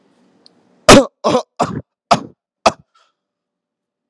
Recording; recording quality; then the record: shallow voluntary cough; excellent, no background noise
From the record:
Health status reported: healthy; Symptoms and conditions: none ticked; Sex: male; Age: 21 years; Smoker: not ticked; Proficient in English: yes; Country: India